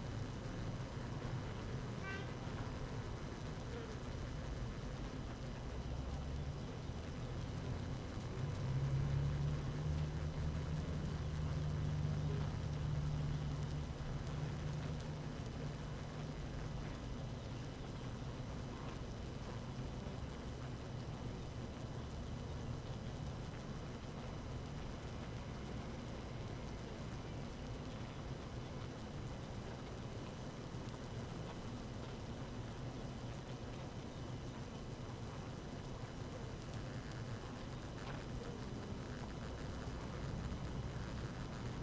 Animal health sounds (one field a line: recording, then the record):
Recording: honeybee colony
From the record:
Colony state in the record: active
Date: 12 June 2018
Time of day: 6:15